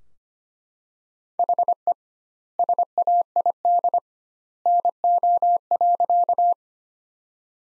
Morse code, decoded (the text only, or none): HE SAID NO.